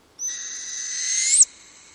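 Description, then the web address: Northern Hawk Owl giving a single high, thin, drawn-out screech that rises slightly and ends in a sharp upward flick, lasting about one and a quarter seconds. "BIRD NOTE June 2024 Northern-Hawk-Owl"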